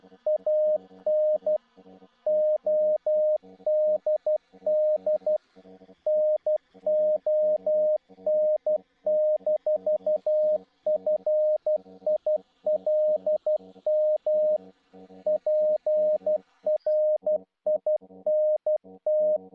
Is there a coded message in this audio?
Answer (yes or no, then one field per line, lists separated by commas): yes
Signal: Morse code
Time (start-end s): 0.3-19.4 s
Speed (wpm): 12 wpm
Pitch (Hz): 610 Hz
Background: music, radio noise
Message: AN ODD NON-FILM PRINT